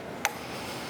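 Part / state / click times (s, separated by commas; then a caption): barrel release catch on a machine gun / released / 0.2 s. A barrel release catch on a machine gun is pushed and flips over with a sharp click at 0.3 s, releasing it so the barrel can be pulled out. A fainter tick follows at 1.0 s over a quiet background.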